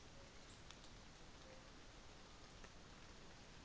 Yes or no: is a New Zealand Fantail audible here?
no